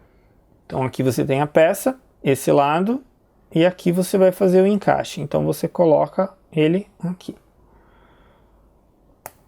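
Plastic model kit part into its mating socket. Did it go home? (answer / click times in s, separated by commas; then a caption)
yes / 9.3 s. Someone talks while a plastic Gunpla model kit part is pushed into its mating socket, with the narrower side oriented correctly. After the talking stops, a single sharp click sounds at 9.3 s. The part is fully seated, and the click shows it went all the way in.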